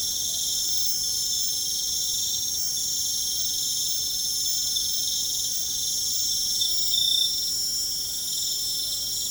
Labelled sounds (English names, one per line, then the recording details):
none
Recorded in pastures near Puerto Asís, Putumayo, Colombia, on 23 June 2025 at 20:00
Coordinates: 0.472, -76.331
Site G095